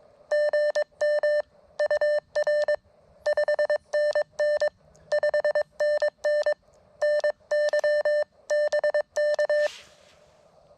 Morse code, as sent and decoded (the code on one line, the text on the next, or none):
--. -- / ..- .-. / ..... -. -. / ..... -. -. / -. -.-- / -... -.-
GM UR 5NN 5NN NY BK